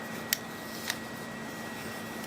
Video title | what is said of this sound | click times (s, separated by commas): A New Knife Guy & His Fixed Blade Knives | lock into place and | 0.3 s